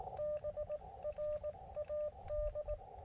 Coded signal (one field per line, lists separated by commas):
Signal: Morse code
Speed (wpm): 19 wpm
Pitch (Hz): 600 Hz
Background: radio noise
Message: BRAD